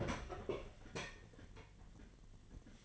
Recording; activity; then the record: daily activity, microphone in the room; open fridge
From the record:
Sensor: 4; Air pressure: 1010.6 hPa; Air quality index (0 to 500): 176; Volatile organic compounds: 5 ppm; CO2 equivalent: 1783 ppm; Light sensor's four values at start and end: 34/100/39/40 and 30/88/35/35